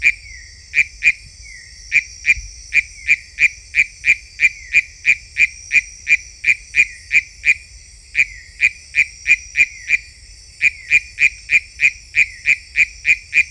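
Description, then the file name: Philautus frog giving long runs of short, clicky notes at a mid-high pitch, broken by brief pauses, over a steady high-pitched insect drone. Unidentified Philautus species labelled sp 7. "Philautus sp 7"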